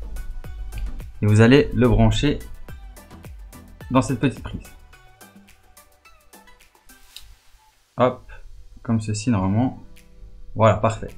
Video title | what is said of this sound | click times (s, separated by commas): TUTO LUMIÈRE LED RGB MANETTE PS5, COMMENT AVOIR DES TOUCHE LUMINEUSE SUR MANETTE PS5 ROUGE VERT BLEU | vous entendez un petit clic ça veut dire que vous avez bien branché la batterie | 7.2 s